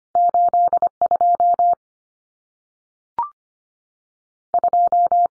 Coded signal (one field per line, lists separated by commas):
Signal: Morse code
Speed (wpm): 25 wpm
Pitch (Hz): 700 Hz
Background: none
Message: 82 2